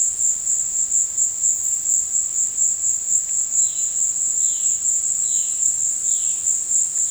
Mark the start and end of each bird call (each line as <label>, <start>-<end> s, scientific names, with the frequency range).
Cyanocorax violaceus (2.1-4.7 kHz), 3.58-7.11 s